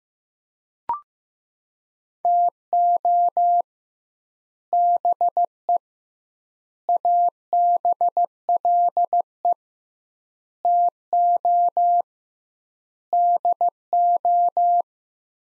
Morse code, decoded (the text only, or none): TO BE ABLE TO DO